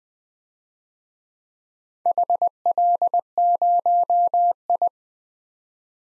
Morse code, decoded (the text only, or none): HL0I